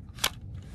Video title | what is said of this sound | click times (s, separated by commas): Potensic Atom SE GPS Drone Review and Test Flight | slide it in and it will lock into place now | 0.2 s